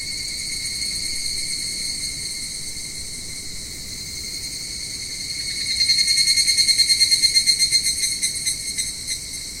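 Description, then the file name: Evening cicada call builds up after a quiet ringing start into a louder stretch of rapid pulses, then eases off, over continuous high insect hum. "higurashi"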